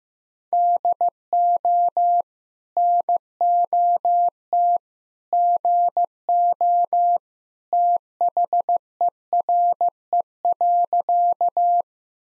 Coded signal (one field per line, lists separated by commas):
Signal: Morse code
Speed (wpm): 15 wpm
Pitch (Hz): 700 Hz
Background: none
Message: DO NOT GO THERE.